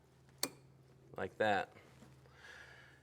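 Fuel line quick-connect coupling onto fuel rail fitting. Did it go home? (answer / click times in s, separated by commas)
yes / 0.4 s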